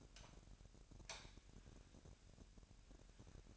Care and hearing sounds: daily activity, microphone in the room; light on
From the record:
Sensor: 2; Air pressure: 1011.8 hPa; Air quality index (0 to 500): 209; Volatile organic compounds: 3 ppm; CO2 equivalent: 1476 ppm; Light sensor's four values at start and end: 10/23/10/10 and 14/36/15/15

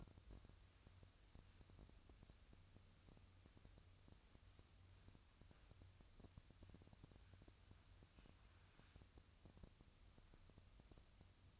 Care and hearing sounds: daily activity, microphone in the room; wipe stove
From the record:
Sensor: 2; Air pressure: 1004.7 hPa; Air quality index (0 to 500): 73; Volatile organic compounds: 1 ppm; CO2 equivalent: 866 ppm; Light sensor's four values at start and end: 7/16/6/7 and 7/16/6/7

